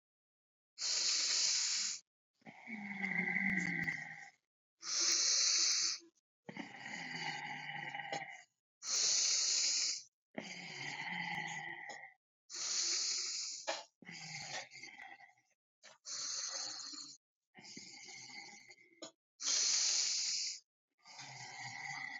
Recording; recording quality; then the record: deep breathing; excellent, no background noise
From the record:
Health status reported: recovered from COVID-19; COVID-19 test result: positive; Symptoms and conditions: muscle pain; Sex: male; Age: 42 years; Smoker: not ticked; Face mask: not worn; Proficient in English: yes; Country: India